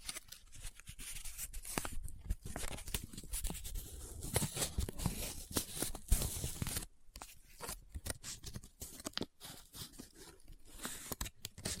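Paper is handled up close, crinkling, scratching and rubbing in dense, irregular bursts of crackle that reach into the bright high end. Sharp snaps and scrapes come every fraction of a second, with brief gaps around seven and nine seconds.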